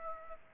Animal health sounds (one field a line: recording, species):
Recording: mosquito wingbeat signal from an infrared sensor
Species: Aedes aegypti